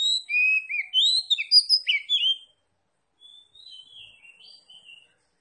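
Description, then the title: Oriental magpie-robin singing a lively run of sweet whistles and quick chattering notes, then a softer, quieter phrase of drawn-out whistles. Tretes; singing vigorously (gacor). "Kacer Tretes"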